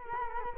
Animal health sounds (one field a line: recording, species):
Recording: mosquito wingbeat signal from an infrared sensor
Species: Culex quinquefasciatus